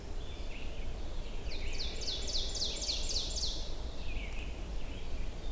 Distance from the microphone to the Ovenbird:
about 60 m